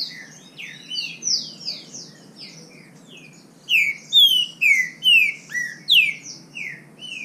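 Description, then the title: Green-winged saltator song, loud descending whistles repeated about twice a second in the second half, after softer whistled phrases. Wild bird singing in the bush, competing in song with another free-living bird. "Trinca Ferro NICÃ O No Mato Disputando Com Solto"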